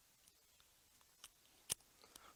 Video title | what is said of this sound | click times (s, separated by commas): First Look, Standard Manufacturing S333 Thunderstruck, Unboxing The S333 double barrel revolver. | clicks right in really nice | 1.7 s